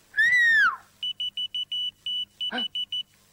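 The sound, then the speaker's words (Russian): A short human whistle, then a key finder on a keychain answering the whistle with a rapid run of about ten high-pitched electronic beeps of uneven length, briefly interrupted by a brief noisy burst. “Если ты ключи куда-нибудь задеваешь, свистни, они откликнутся.”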